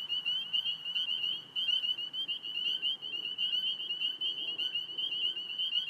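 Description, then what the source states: Spring peeper chorus, high shrill peeps overlapping densely, loudness swelling and dipping, with low traffic sound underneath. Belle View, Alexandria, Virginia, 27 March 2017, 8:06 pm; calling despite recently mowed cattail and grass habitat; traffic from Fort Hunt Rd in background; recorded on iPhone 6+ with Rode Recording app.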